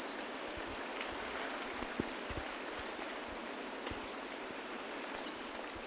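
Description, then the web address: Yellow-throated tanager calling with high, thin, down-slurred whistles, one at the start, a faint one near four seconds and a pair near the end, against faint background hiss. Ecuador. "Natures Songs S America Birds of Ecuador. Yellow-Throated Tanager"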